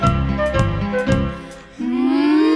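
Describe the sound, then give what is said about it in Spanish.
Someone imitates a cow mooing in the stable with a single long, low, droning moo that rises slightly in pitch. It follows a short stretch of bouncy music with several sharp percussive hits. “Imitemos la vaca de Don Pedro Pablo, esa que muge en el establo.”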